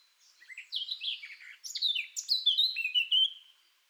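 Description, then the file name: Eurasian blackcap song: a soft, hurried warble that grows into a louder run of bright, fluty whistled notes, ending on clear slurred tones. "Sylvia atricapilla"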